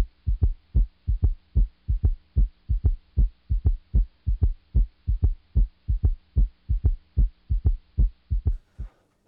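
Low, regular heart sounds fall in repeating groups of three at roughly 60 cycles a minute, giving a galloping triple rhythm. This is a third heart sound from rapid early diastolic filling. It can be normal, but with heart failure it points to significant left ventricular dysfunction.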